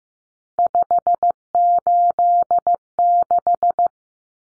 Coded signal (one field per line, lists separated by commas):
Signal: Morse code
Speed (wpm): 15 wpm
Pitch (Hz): 700 Hz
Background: none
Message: 586